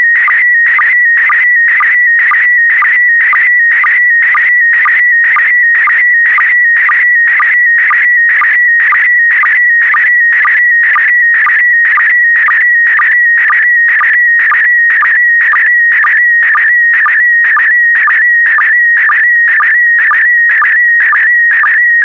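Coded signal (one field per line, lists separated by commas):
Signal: SSTV (slow-scan television)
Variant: PD120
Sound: steady warbling whistle around 2 kHz with regular short low blips, continuous throughout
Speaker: complete. You can now check your decoded image against the picture that is shown on the video.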